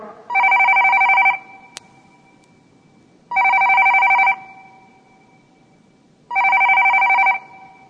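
A telephone rings three times, each buzzy trilling burst lasting about a second, separated by steady pauses of roughly two seconds, loud and alone with a faint background hiss.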